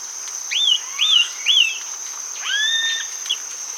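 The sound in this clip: Bird giving three quick rising whistled notes, then a longer drawn-out whistle, with a constant high-pitched insect drone behind.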